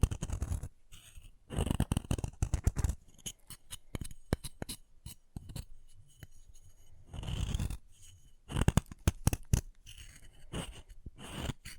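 Chalk being carved and cut, heard as dense bursts of dry scraping and quick clicking ticks. Heavier gritty scrapes come around two seconds and again near seven to eight seconds, with short pauses of near silence and sharp snips scattered between.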